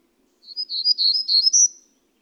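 Bird song: a single rapid sequence of high, jumbled twittering notes, lasting over a second, over near silence.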